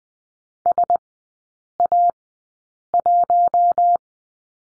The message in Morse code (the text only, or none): SA1